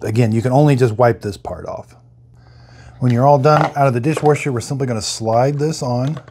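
A removable plastic part from a Mr. Coffee 12-cup dishwashable coffee maker, fresh out of the dishwasher, is handled as it is about to be slid back onto the coffee maker body while someone talks. Only speech and faint handling noise are heard, with no click. Nothing has seated or clicked yet.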